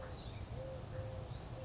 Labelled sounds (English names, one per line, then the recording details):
Eurasian Collared Dove
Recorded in Sonoma County, California